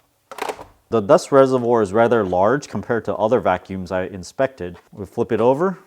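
The magnetic top lid of a Dreame X50 Ultra robot vacuum is set back onto the body, and a sharp click is heard at 0.3 s as it seats into place. Someone then talks for the rest of the clip.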